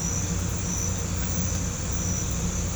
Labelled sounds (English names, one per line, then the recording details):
none
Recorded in pastures near Puerto Asís, Putumayo, Colombia, on 18 December 2024 at 02:30
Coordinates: 0.505, -76.324
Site G063